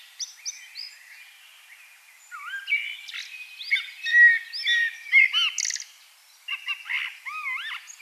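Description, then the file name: Common blackbird singing fluty, warbled phrases with slurred rising and falling notes and short pauses between phrases. "Turdus merula"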